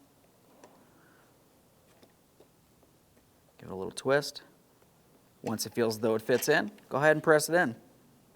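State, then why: Not seated. A new electric fuel pump with its rubber O-ring is lined up, twisted and pressed by hand into the plastic fuel pump module housing of a 2006-2012 Ford Fusion. A faint tick comes near 0.6 s in quiet handling noise, then someone talks from about 3.6 s to the end. The pump has not seated or clicked into the housing yet.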